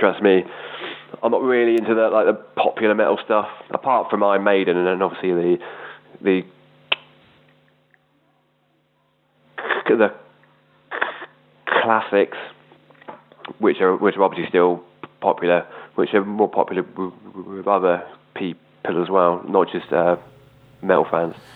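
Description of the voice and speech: An adult man from the Weymouth/Dorset area of England talks in quick, fluent runs that stall on a repeated "the", with a silent block lasting several seconds. He then repeats "which" and stretches some sounds. These are typical stuttering (stammering) disfluencies: word repetitions, blocks and prolongations in an otherwise easy speaking style.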